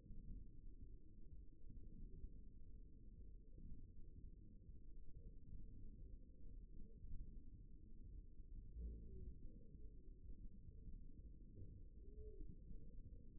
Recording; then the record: forearm muscle sounds (acoustic myography)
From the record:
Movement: index flexion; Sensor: system 1, eight BSWA MPA416 microphones around the upper forearm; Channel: 1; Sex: male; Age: 54 years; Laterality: right